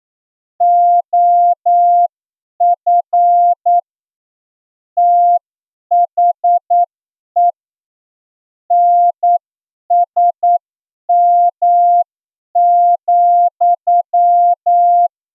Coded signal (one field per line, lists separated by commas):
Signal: Morse code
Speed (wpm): 9 wpm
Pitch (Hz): 700 Hz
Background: none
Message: OF THE NSM,